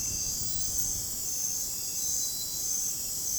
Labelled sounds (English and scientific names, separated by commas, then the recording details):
none
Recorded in dense forest near Puerto Asís, Putumayo, Colombia, on 29 June 2025 at 23:00
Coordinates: 0.503, -76.323
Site G059